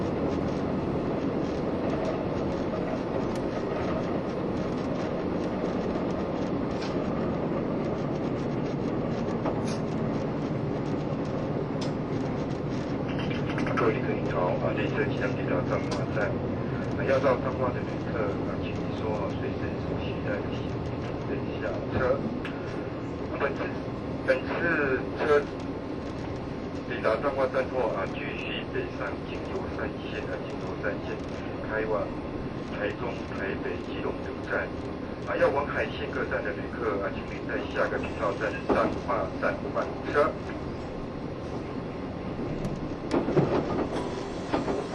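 A Taiwan Railway EMU1200 electric train with nose-suspended traction motors runs at speed, its motors giving a deep, steady growl under a continuous rolling rumble. From about fourteen seconds on, frequent short clanks and rattles from the rails and car body break in, with voices faint in the background.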